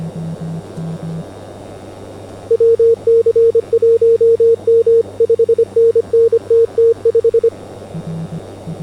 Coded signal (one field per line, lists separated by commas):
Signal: Morse code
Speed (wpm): 25 wpm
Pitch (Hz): 460 Hz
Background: radio noise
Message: WC1M 5NN TT5